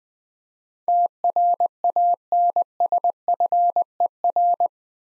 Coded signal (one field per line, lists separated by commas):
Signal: Morse code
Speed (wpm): 21 wpm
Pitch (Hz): 700 Hz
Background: none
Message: TRANSFER